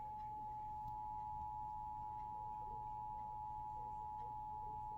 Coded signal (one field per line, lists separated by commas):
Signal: Emergency Alert System (SAME) tones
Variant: 853 and 960 Hz attention tone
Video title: WEEKLIES TESTINGS... EAS Alerts From 11/25 - 11/27/24 (EAS#1,973 - #1,985)